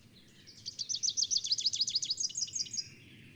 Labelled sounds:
Rufous-capped Warbler (Basileuterus rufifrons) song
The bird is a male
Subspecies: rufifrons
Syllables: 22
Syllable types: 6
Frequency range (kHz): 2.9-7.8 kHz
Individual CS-R16-M

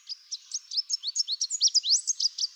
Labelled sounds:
Chestnut-capped Warbler (Basileuterus delattrii) song
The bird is a male
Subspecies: delattrii
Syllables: 16
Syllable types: 13
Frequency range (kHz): 3.0-8.0 kHz
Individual CR-SBOG-M

